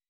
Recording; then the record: hydrophone in a shrimp aquaculture tank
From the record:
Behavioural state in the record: weakened